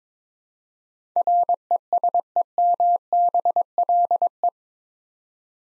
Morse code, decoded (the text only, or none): RESEMBLE